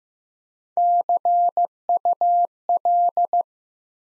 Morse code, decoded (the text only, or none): CUL